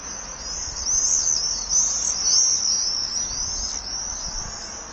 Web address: Common swift. صدای-پرنده-بادخورک-معمولی